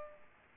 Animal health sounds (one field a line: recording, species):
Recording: mosquito wingbeat signal from an infrared sensor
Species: Aedes albopictus